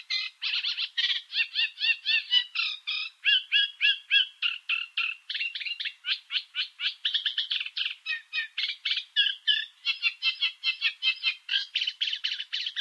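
Bird calls: a long, unbroken run of rapid rasping notes, nearly four a second, varied and scratchy throughout.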